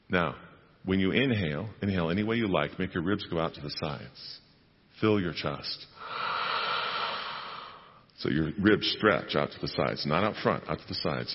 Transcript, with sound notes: Now when you inhale, inhale any way you like, make your ribs go out to the sides. Fill your chest. (Inhales) So your ribs stretch out to the sides, not out front, out to the sides.